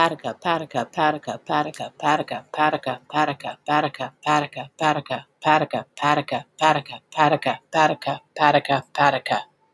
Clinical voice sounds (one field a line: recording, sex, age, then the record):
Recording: repeated syllables /pa ta ka/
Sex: female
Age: 30 to 39 years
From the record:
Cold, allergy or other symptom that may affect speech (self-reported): no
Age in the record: 34 years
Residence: Virginia, United States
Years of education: 14